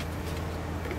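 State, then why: Not seated. A spring hose clamp on the steering column and combination switch assembly of a Toyota Hilux is handled during reassembly after an indicator stalk arm replacement, with the clamp fitted back on by pressing its tab instead of using pliers. A steady low hum runs throughout, with one brief sharper sound near 0.9 s. Nothing has seated or popped into place yet.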